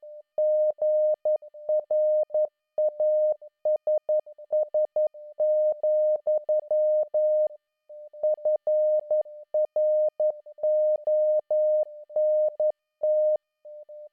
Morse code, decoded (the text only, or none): GRASS, FRONT